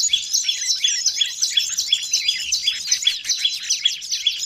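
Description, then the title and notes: Bird chirping calls, a dense stream of sharp, high twittering notes overlapping rapidly, several per second, with no pause throughout. Long-duration noisy bird sounds, used for training birds and as a lure for catching birds. "Master Burung Ribut Durasi Panjang. Burung Ribut Pikat"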